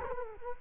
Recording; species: mosquito wingbeat signal from an infrared sensor; Culex quinquefasciatus